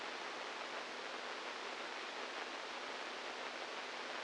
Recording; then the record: brain microelectrode recording played as sound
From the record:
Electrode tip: outside the subthalamic nucleus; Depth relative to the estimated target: -3 mm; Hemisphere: right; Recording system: NeuroSet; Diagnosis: Parkinson's disease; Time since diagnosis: 8 years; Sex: male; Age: 46 years